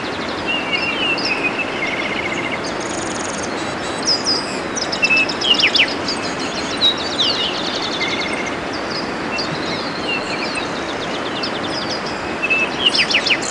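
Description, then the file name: Bird calls: repeated high chirps, short whistles and fast trilled series scattered throughout, over continuous loud hiss. "SABIOD 50 bird 2015"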